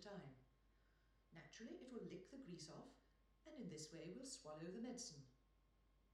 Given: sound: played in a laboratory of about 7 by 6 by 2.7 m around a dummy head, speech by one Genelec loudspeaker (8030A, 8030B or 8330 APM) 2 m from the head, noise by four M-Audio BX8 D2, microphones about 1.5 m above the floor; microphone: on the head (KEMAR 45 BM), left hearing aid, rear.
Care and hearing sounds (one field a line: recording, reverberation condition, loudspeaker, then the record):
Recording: female speech in English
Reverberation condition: medium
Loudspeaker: behind (180 degrees)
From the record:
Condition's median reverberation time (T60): about 510 ms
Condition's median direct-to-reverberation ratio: about -0.5 dB